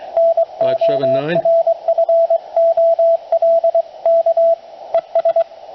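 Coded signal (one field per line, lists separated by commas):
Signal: Morse code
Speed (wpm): 22 wpm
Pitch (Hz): 670 Hz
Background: speech, radio noise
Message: NORFOLK ES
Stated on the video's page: Morse from a 40 meter QCX kit transceiver on AA batteries into an end-fed half-wave wire in half-square geometry.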